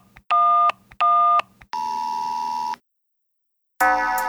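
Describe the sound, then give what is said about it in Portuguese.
Telephone keypad tones of a call being dialed to Procon: two short, evenly spaced tones, followed by a longer steady electronic tone, a brief silence, then another bright tone starting at the end. No one speaks. “Presta o telefone aí, mano.”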